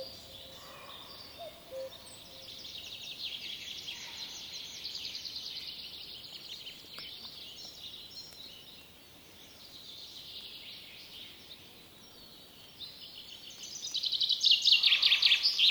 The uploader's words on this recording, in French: Ambiance de Finlance par Jean Louis SICAUD. Sur des sites naturels de la région d'illomantsi en Finlande à la découverte des ambiances et oiseaux présents en cette saison.